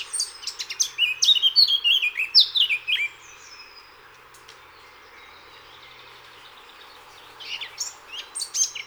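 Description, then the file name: Eurasian blackcap singing a rapid chattering phrase of high descending notes for about three seconds, a pause with only faint sounds, then a few more scratchy notes near the end over a faint steady hum. "Sylvia atricapilla"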